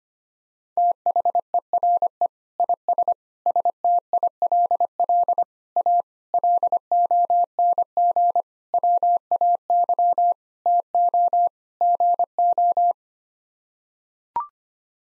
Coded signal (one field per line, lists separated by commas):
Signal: Morse code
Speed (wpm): 25 wpm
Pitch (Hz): 700 Hz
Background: none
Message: THERE IS STILL A LONG WAY TO GO